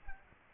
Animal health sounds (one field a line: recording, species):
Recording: mosquito wingbeat signal from an infrared sensor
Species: Aedes aegypti